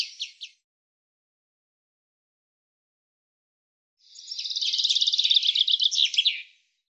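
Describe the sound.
Common chaffinch song, a brief clipped ending at the start, then after a pause a dense, rapid trill of high notes that closes with a quick downward flourish.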